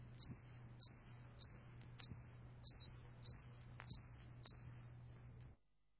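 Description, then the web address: Cricket chirping in short, high trilled pulses, about eight chirps repeated roughly every 0.6 seconds over a low steady hum, then stopping. "sammymaudlin cricket"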